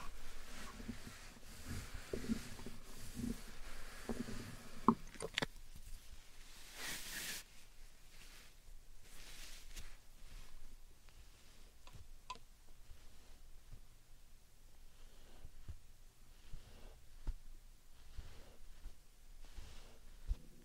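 Slime and sand being handled, with soft squishing and crackling that is busy for the first five seconds. A brief bright hissing rush follows around six to seven seconds, then the sounds thin out into scattered small ticks, clicks and gentle pops until the end.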